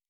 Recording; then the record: hydrophone in a shrimp aquaculture tank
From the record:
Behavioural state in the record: normal